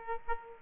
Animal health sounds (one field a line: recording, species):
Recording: mosquito wingbeat signal from an infrared sensor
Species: Aedes aegypti